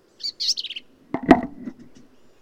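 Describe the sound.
Black-capped vireo phrase of quick, thin, slurred notes, then a loud low knock or clatter after it.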